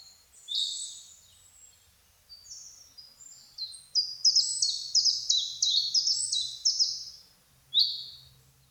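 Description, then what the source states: Birds singing: scattered high chirps, then a fast series of sharp, downslurred notes, ending with one lone chirp. Birds singing in a forest in the morning.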